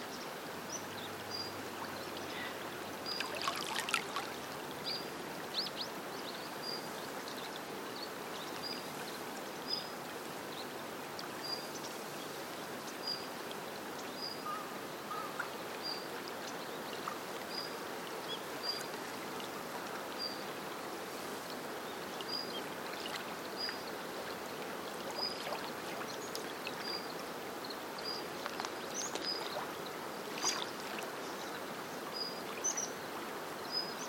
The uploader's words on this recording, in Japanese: 色々な鳥の鳴き声につつまれて。息を潜めていたら、色んな鳥たちがやってきました。多摩川にたたずむ7分間をお楽しみください。言葉なし・メロディなしの100%自然音です。